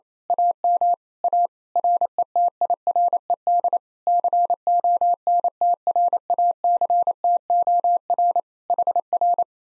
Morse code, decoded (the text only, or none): AM A RETIRED CONTRACTOR HR